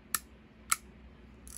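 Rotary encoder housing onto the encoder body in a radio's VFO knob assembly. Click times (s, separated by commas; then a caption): 0.2 s, 0.7 s. After its two tabs are lined up, the small metal or plastic housing of the VFO rotary encoder on an ICOM IC-208H radio is pushed back onto the encoder body in the knob assembly. Two sharp clicks are heard at about 0.2 s and 0.7 s, followed by faint soft ticks near the end. The housing tabs snap home and the housing is seated.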